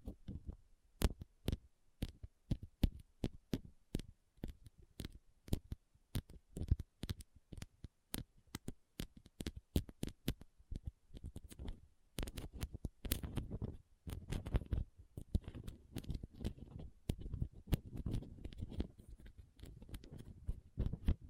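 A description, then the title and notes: Soft squishy, sticky crinkling and cutting sounds in quick, irregular clicks and snaps, sparser at first, then denser and rumbling after twelve seconds. Soft Squishy Sticky, Crinkle, Cutting Sounds.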